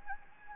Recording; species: mosquito wingbeat signal from an infrared sensor; Anopheles gambiae